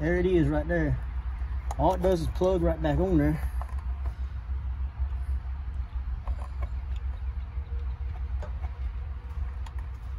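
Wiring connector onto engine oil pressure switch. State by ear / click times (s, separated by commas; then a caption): not seated / none. On a 2013 GMC Sierra with a 5.3 L engine, the wiring harness plug is being handled at the newly installed oil pressure switch while someone talks over a steady low hum. A few faint taps are heard around 4.1, 6.3, 6.4, 6.6 and 9.7 seconds, but nothing has seated or clicked yet.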